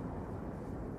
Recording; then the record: background sound without coughing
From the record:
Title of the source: Train Ride Ambience ambient white noise for sleeping, focus, studying, reading